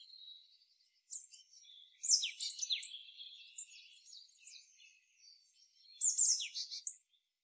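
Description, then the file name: Marsh tit calls: bursts of high, sharp, downward-slurred chirps in quick clusters, with thin buzzy notes between, against a quiet background. "Poecile palustris"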